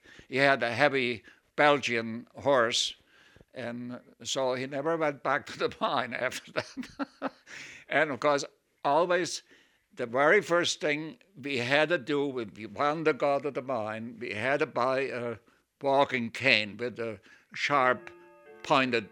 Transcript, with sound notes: He had a heavy Belgian horse and so he never went back to the mine after that. (he laughs) And, of course, always the very first thing we had to do when we wanted to go to the mine, we had to buy a walking cane with a sharp pointed